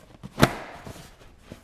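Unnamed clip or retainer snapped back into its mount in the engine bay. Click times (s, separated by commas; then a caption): 0.4 s. During an LS engine swap on a Porsche 944, an unnamed clip or retainer is routed through its mount in the engine bay and snapped back into place. A single sharp, bright snap lands at 0.4 s and rings out briefly, followed by a few faint knocks. The part is seated back in place.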